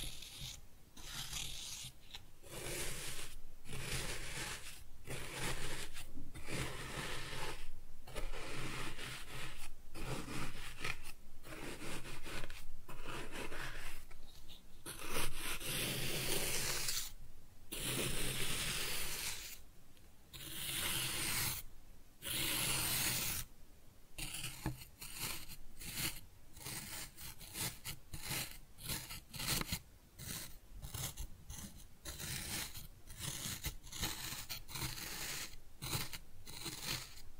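Kinetic sand is cut and scooped in a run of soft, gritty scrapes and rubbing strokes, each a short burst of grainy hiss separated by brief silences. The strokes come at an irregular but steady pace throughout, with a longer, louder scrape around the middle.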